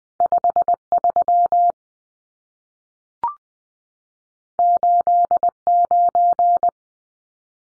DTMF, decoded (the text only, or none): none